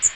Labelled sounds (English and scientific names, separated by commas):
Magnolia Warbler (Setophaga magnolia) flight call